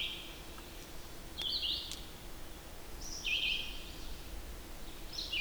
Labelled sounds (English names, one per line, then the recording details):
Red-eyed Vireo song
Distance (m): 30 m
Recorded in boreal forest in Alberta, Canada, on 8 June 2016 at 07:57
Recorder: SongMeter 3, array SBT-3-9
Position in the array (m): 10 m, 113 m